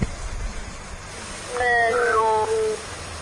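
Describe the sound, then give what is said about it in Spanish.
One of several dogs across the street, at a grassy area with many dogs, barks in a drawn-out, tonal, whining call lasting about a second, rising above a steady low background hum with no talking. “Casualmente acaba de ladrar unos perros que hay enfrente.”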